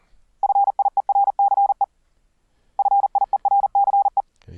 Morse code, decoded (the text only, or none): FIERCE FIERCE